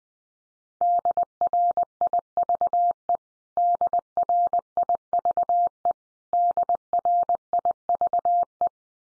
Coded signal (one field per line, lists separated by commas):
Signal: Morse code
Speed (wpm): 19 wpm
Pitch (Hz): 700 Hz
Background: none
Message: DRIVE DRIVE DRIVE